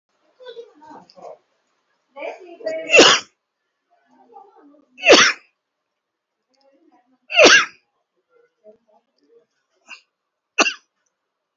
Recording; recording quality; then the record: shallow voluntary cough; moderate, slight background noise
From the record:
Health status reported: COVID-19 positive, moderate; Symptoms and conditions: breathing difficulty, fever, loss of smell and taste, hypertension, diabetes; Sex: male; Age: 57 years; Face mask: worn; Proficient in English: yes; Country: India